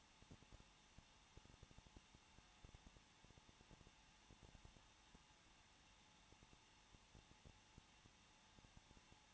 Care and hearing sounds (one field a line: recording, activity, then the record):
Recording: daily activity, microphone in the room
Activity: no activity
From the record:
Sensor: 1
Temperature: 20.1 degrees Celsius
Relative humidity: 39.3%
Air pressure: 1006.4 hPa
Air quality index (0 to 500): 218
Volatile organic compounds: 80 ppm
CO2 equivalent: 3606 ppm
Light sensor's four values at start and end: 1/2/1/1 and 1/2/1/1